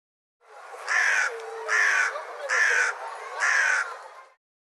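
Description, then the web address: Bird giving four harsh, hoarse cawing calls in a row, each about half a second long and spaced roughly a second apart. "cianscape birddata Deverinetal 2025"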